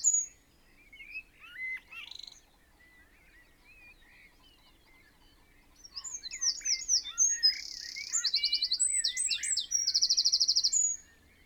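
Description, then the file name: Eurasian wren song, a loud stretch of rapid high trills in the second half, after soft, lower twittering. "Troglodytes troglodytes"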